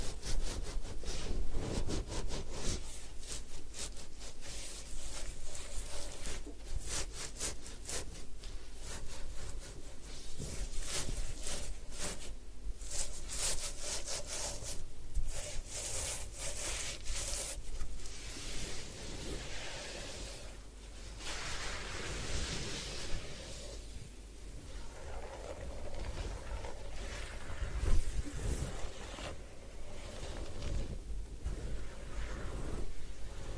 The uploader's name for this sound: Head Spa Hair Wash, Massage, Ear Cleaning